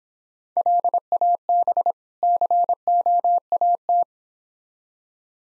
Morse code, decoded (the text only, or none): LAB COAT